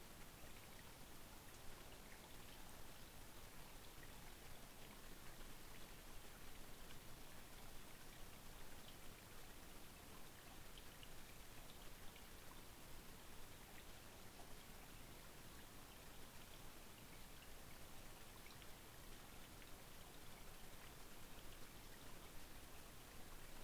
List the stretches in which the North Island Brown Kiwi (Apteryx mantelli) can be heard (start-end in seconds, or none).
none